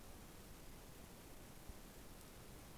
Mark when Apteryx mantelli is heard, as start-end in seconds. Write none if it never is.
none